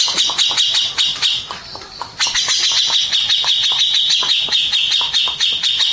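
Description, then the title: Mixed birds calling: quick high chirps and squeaky trills in a busy chorus, dipping briefly around two seconds before resuming at full intensity. "Burung Campur2"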